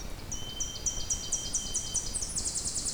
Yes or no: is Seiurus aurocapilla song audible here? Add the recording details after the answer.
no. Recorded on 2 June 2016 at 05:06. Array SBT-3-7